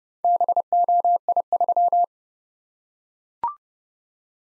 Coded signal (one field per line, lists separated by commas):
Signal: Morse code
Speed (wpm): 28 wpm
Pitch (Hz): 700 Hz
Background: none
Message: BOI3